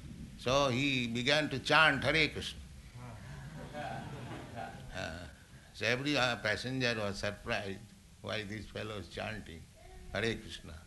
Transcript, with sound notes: So he began to chant Hare Kṛṣṇa. [laughter] So every passenger was surprised, "Why this fellow is chanting Hare Kṛṣṇa?"